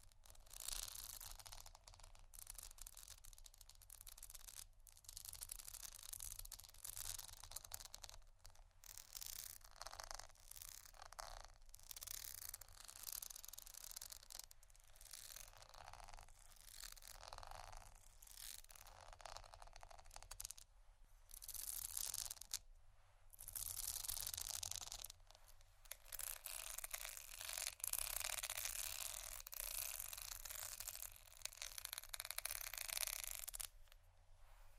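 Soft scratching and rubbing on cardboard, with hissy strokes that come in irregular bursts separated by short gaps. The texture is bright and airy with almost no low end, growing denser and louder after about twenty-five seconds, then stopping abruptly near the end.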